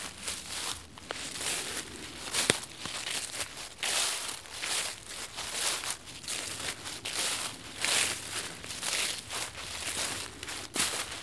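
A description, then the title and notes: Crunchy leaves crackle and rustle without pause, a bright, dense crinkling that swells and eases every second or so, like steps or hands pressing through a pile. Sharper snaps stand out around two and a half seconds and near the end. Crunch leaves podcast. Love crunchy leaves.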